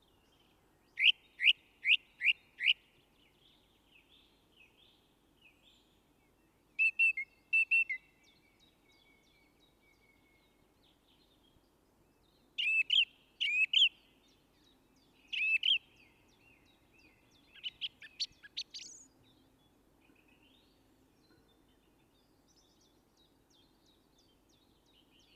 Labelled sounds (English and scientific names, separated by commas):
Song Thrush (Turdus philomelos) song